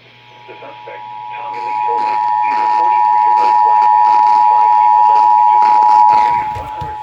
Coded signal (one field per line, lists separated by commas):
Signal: Emergency Alert System (SAME) tones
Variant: 853 and 960 Hz attention tone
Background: speech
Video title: A SURPRISE CAE...FROM CAE... EAS Alerts from 10/5/19 (EAS #3,360 - 3,365)